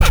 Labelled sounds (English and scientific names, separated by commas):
Zebra Finch (Taeniopygia guttata) kackle call